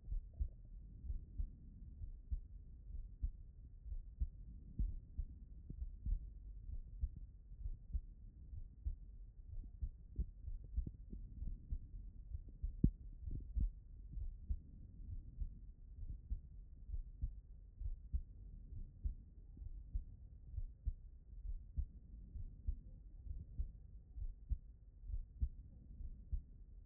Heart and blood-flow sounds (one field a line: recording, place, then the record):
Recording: heart sounds by stethoscope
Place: pulmonary valve (PV)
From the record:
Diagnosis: non-HFrEF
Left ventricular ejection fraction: 65%